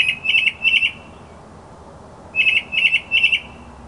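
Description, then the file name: Northern mockingbird song: a burry, trilled note given three times in a row, a pause of over a second, then the same three-note phrase again. "kicauan-burung-northern-mockingbird -omkicau"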